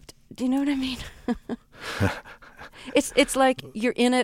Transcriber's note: soundbite of laughter